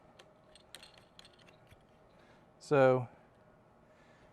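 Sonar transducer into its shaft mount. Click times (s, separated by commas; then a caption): 0.8 s. A Lowrance Active Target sonar transducer is pushed onto its quick-release shaft and gimbal mount, with a few faint taps and handling clicks early on and one short, sharp snap at 0.8 s as it attaches at once. The transducer is seated, and someone talks briefly afterward.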